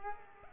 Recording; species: mosquito wingbeat signal from an infrared sensor; Culex pipiens